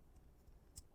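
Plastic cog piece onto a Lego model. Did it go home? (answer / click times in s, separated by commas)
yes / 0.8 s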